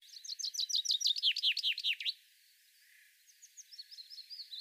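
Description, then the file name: Common chaffinch song: a rapid run of sharp falling notes lasting two seconds, then a pause, then a fainter phrase begins. "Fringilla coelebs"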